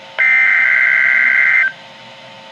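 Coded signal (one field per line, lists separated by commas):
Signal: Emergency Alert System (SAME) tones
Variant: header bursts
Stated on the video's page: NOAA Weather Radio required weekly test from the Ruskin NWS office, received on a Midland WR-120 that snoozed as the long alert ended.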